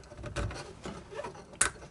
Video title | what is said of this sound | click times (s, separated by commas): DIY how to replace fuel filter on f-body Camaro/Firebird | There you go. Once you hear positive click, it clicked in, so that should be good. | 1.6 s